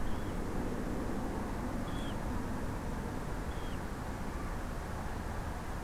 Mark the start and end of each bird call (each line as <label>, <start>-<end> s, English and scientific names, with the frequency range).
Dunlin (Calidris alpina) (2.4-3.6 kHz), 0.06-0.35 s
Dunlin (Calidris alpina) (2.8-3.5 kHz), 1.85-2.16 s
Dunlin (Calidris alpina) (2.5-3.6 kHz), 3.48-3.78 s